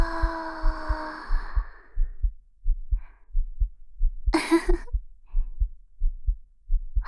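A live heartbeat heard with the ear against the chest. The beat is rapid.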